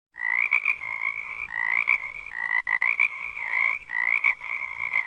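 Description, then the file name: Toad calling, a continuous buzzing trill with slight rises and dips in pitch, steady throughout with a few brief breaks. "sapo"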